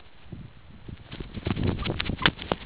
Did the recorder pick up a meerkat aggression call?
no